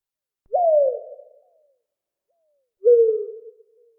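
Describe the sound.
Owl calling twice, a sharp upslurred start dropping into a wavering, drawn-out hoot, the second call following about two seconds later in quiet surroundings.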